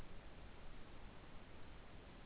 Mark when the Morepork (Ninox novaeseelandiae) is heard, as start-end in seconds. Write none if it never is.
none